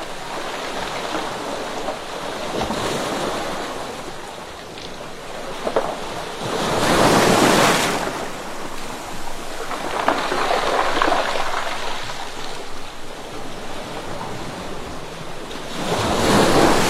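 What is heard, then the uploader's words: Turbulent waves beat against rocks in a continuous, rushing wash of water. Louder surges swell around 7, 10 and 16 seconds, with brief crackling and rattling bursts in between, like stones tumbling back. Wind buffets the microphone throughout. The turbulent waves are beating against the rocks - there is the sound of stones falling back.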